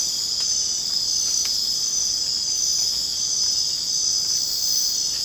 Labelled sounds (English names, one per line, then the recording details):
none
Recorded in secondary vegetation near Puerto Asís, Putumayo, Colombia, on 27 June 2025 at 21:00
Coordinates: 0.484, -76.319
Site G074